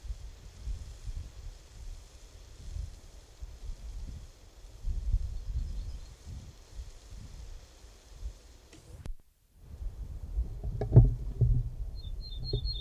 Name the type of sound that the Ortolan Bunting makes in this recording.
song